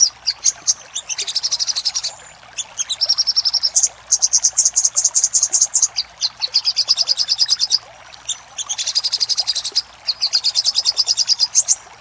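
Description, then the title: Little spiderhunter song: long, rattling bursts of very rapid, high notes, separated by brief pauses. Masteran (tutor) recording of sogok ontong song, used to train cage birds; labelled Labaik. "Masteran Burung Sogok Ontong Labaik"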